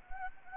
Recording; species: mosquito wingbeat signal from an infrared sensor; Anopheles gambiae